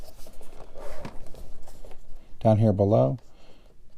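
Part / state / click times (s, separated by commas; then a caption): smart display bracket into tilt-and-swivel stand mount / seated / 1.1 s. A smart display's mounting bracket is slid onto the plate of a tilt-and-swivel stand, with half-moon catches on either side locking it into place. A short, sharp click at about 1.1 s marks it clipping in at the bottom, followed by someone talking. The bracket is seated and locked onto the stand.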